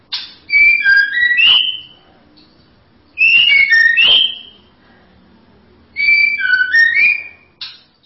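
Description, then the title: White-rumped shama giving melodious whistled phrases with up-and-down slurred notes, three phrases about three seconds apart and another beginning at the end. "Kicau Murai Batu"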